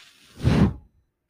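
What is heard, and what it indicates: A single soft, low whooshing puff swells and fades over about half a second, then quiet. It is the airflow of a home mechanical ventilator delivering a breath to the person using it.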